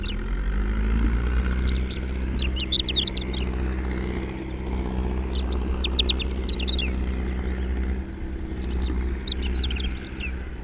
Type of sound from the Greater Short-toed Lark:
song